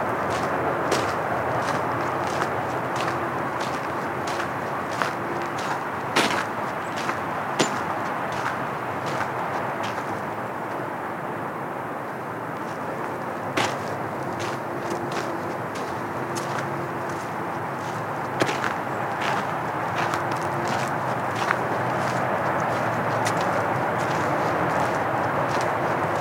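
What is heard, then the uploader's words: Walking a woodland trail: a steady hiss underlies frequent sharp crunching steps and snaps, with a faint intermittent hum drifting in and out. Trek over the creek and through the woods (and field) on a simple trail in Wahlfield Park.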